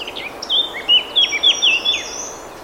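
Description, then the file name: Eurasian blackcap singing a fast, clear warble of slurred whistles, rising and falling notes strung closely together over a faint steady background hiss. "Sylvia atricapilla"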